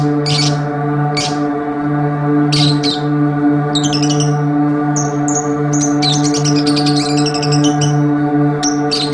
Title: Kicau Kacer